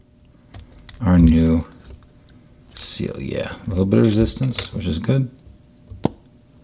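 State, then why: Seated. A new seal is pushed down with a tool into the filling mechanism of a vintage PFM fountain pen, meeting a little resistance while someone talks. It pops into place with a sharp click at 6.1 s, seating with a good seal.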